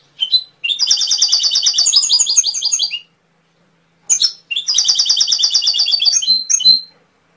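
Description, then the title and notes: Canary delivering two long rapid trills of bright repeated notes, each about two seconds, separated by a short pause and set among short chirps. Canary song used as a training recording (masteran) to stimulate songbirds to sing. "SUARA MASTERAN KENARI. masteran kicau kenari"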